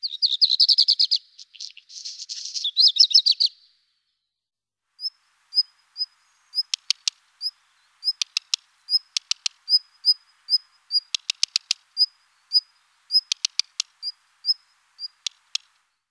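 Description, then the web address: Black redstart song, a dense scratchy, crackling phrase for about three seconds, then a pause and a long run of sharp, dry ticking notes and clicks. "Rougequeue noir"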